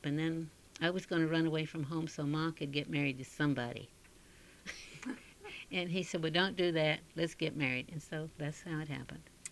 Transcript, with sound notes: And then I was going to run away from home so Ma could get married to somebody. (she laughs) And he said, "Well, don't do that. Let's get married." And so that's how it happened.